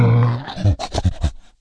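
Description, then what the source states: Gorilla giving a deep, rough roar that breaks into a quick series of short, low grunting bursts. Gorilla roaring while hurt.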